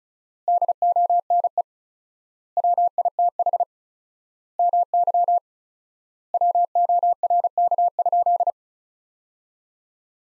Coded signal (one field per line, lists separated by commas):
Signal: Morse code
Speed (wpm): 36 wpm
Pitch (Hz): 700 Hz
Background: none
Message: DONE WITH MY WORK?